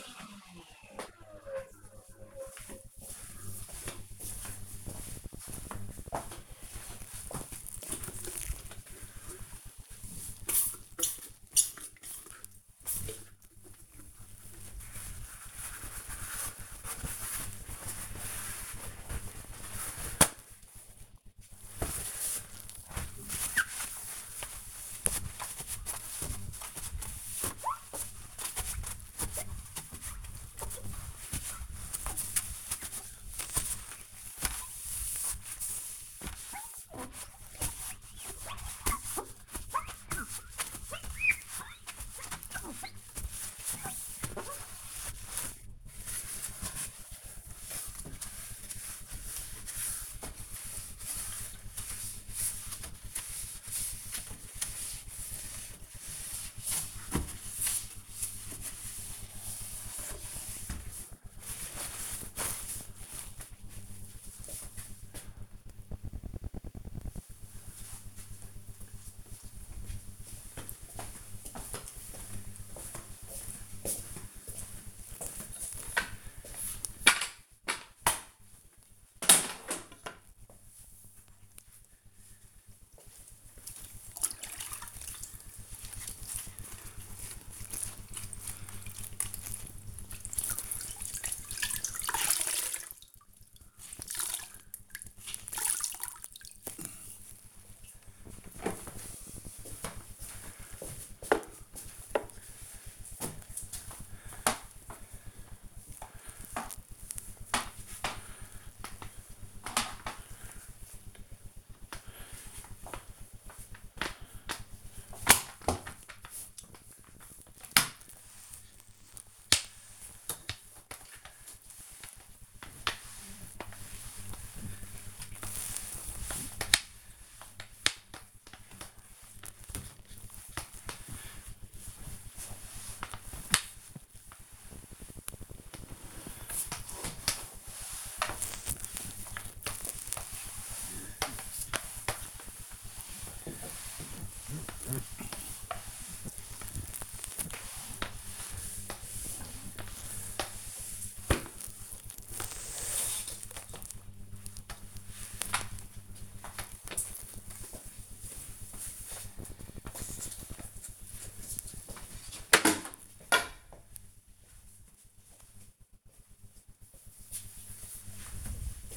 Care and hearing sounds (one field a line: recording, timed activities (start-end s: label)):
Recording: household activities, microphone on the right wrist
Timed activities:
7.90-60.25 s: window cleaning
76.34-156.83 s: floor cleaning